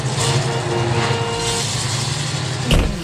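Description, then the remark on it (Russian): A truck with frozen canvas tarpaulin drives away through dark night streets, its engine rumbling with a steady low drone over broad road noise, holding even for a few seconds before a brief louder surge near the end. “Складывали в грузовики, которые хлопали, как крыльями, мерзлым брезентом, и увозили куда-то по темным ночным улицам.”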